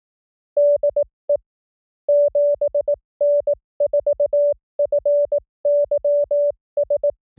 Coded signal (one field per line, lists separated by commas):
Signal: Morse code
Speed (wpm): 18 wpm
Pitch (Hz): 580 Hz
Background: none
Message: DE 7N4FYS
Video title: Morse CW Training JP Random Callsign Speed from 15 to 25 WPM 300 Calls Sampling Rate 44100